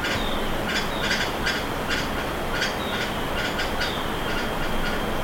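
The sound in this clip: Bird giving brief clicking chips, some doubled, spaced unevenly throughout, with a steady high-pitched hum and low rumble underneath.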